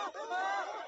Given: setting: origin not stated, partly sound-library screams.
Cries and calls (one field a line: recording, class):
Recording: one-second piece from a danger detection set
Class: woman in danger